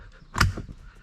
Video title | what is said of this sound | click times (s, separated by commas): Yolk Steering for Tesla M3/Y- Hansshaw Heated Steering Option - Installation Guide & Review | you'll hear the click | 0.4 s